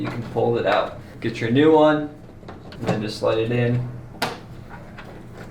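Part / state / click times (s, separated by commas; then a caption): replacement filter into canister vacuum filter housing / seated / 4.2 s, 5.0 s. A replacement filter is slid into the filter housing of a Prolux QX canister vacuum and pushed all the way in until it locks into place. Someone talks, then a sharp click sounds at 4.2 s and a softer one at 5.0 s. The filter is seated and locked.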